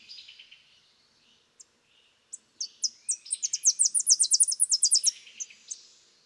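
Tennessee warbler song, high and insistent, starting with isolated chips that speed up into a rapid, loud, ringing chatter of staccato notes before trailing off.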